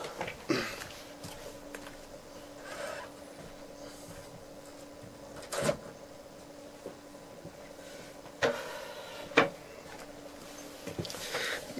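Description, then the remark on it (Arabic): A troublesome door that keeps coming open is handled and shut, giving a few sharp knocks and clicks spread over several seconds, with a steady low electrical hum running underneath and no talking. “أولا استأذنكم في إغلاق الباب، أيضا هذا الباب عم يعمل لي مشاكل، والشيطان عم يفوت يفتحه ويسكره.”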